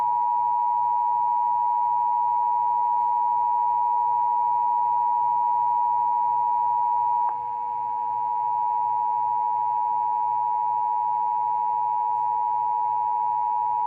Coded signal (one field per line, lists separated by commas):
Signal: Emergency Alert System (SAME) tones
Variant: 853 and 960 Hz attention tone